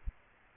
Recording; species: mosquito wingbeat signal from an infrared sensor; Aedes aegypti